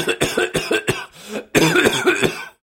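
A quick run of about five short, harsh coughs, then a brief voiced throat sound, then a second longer coughing burst, all from a man of about 30. It is an acted coughing and throat-clearing sound effect.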